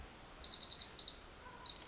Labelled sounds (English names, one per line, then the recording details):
Pacific Wren
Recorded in Sonoma County, California